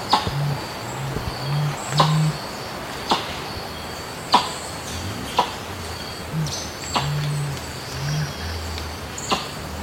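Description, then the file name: Helmeted curassow giving deep, muffled humming notes in a loose series, with occasional sharp clicks and a constant high-pitched insect drone. "Canto do mutum de elmo"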